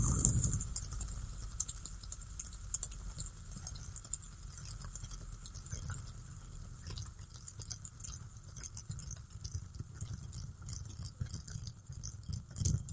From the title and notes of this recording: ASMR Fidget Spinner Sounds Tapping and Spinning.